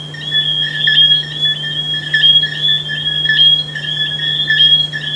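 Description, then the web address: Frogs giving rapid, overlapping high notes in a continuous chorus, with a low steady hum beneath. "humbot audio frogs"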